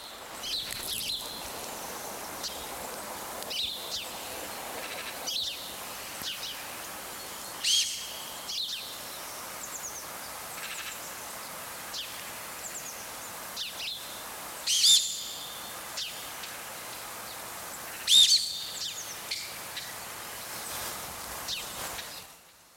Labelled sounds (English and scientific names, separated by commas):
Mountain Reedbuck (Redunca fulvorufula)